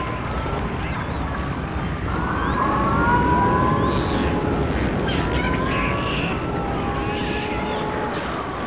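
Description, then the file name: Dolphin whistles, several looping and sliding tones overlapping, with short bursts of higher sound over a constant rushing background noise. "Zvuki zhivoj prirody - Delfiny"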